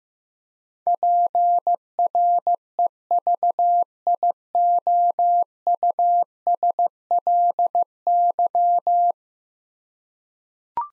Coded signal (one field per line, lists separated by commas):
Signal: Morse code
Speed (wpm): 15 wpm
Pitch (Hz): 700 Hz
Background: none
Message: PREVIOUSLY